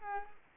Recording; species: mosquito wingbeat signal from an infrared sensor; Culex pipiens